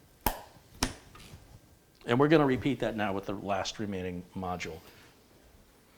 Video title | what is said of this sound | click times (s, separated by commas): LIVE - Xynos G3, 9900KS, 2080Ti, GSkill Royal, Kraken X62, Samsung 970 Evo Plus, Maximus XI Gene | and if you pull back a bit you'll see I'm going to use my thumbs here and I'm just going to push down one side and if you listen you'll hear it click | 0.3 s, 0.8 s